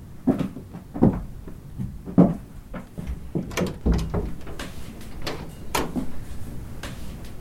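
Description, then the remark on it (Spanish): A door is pushed shut with several dull thumps, followed by a run of sharp clicks and small rattles as the lock is turned. No one speaks. “Espera, voy a ponerle seguro la puerta.”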